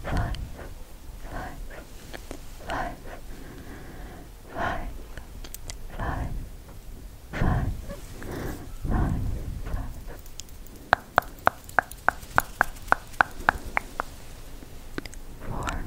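Sharp tongue clicks come scattered at first and then in a quick, regular run of about ten crisp snaps between 11 and 14 seconds. Soft breathy whispers and mouth sounds fill the gaps over a quiet background.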